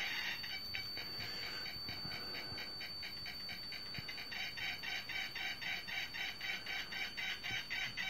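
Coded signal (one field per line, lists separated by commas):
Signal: computer data on cassette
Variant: SAM Coupé turbo loading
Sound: harsh buzzing data bursts pulsing about four times a second, steady throughout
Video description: Sam Coupé core from McLeod Ideafix supports tape loading, so here it's the turbo loading.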